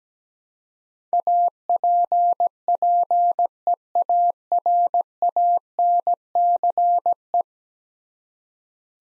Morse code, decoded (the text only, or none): APPEARANCE